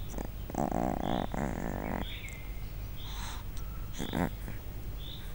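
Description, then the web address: Leopard cub calls: two drawn-out, harmonic mewing grumbles in the first two seconds, a shorter one near four seconds, and a high chirp repeating in the background. Three-week-old cub in Miskolc Zoo, recorded in 2009 a few centimetres from the microphone. "allathangok miskolcizoo 2009 standardt leopard haromheteskolyokparcentireamikrofontol"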